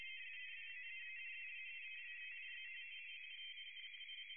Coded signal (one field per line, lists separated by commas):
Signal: RTTY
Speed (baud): 45.45 baud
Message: 129 IZ3GNG